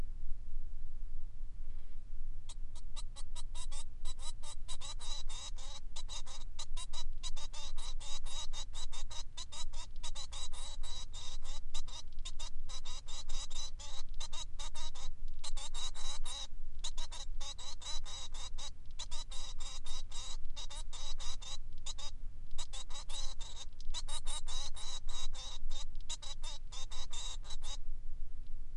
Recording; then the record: song of a male Bengalese finch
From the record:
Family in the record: son of father 3